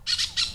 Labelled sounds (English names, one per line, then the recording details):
Brown-throated Parakeet contact call
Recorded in Venezuela
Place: Cerro Saroche, Hato Dalmatela, Edo. Lara
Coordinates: 10.149, -69.534